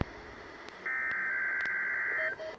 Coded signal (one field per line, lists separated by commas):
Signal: Emergency Alert System (SAME) tones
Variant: header bursts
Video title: NOAA Weather Radio Required Weekly Tests (EAS #1037-1041)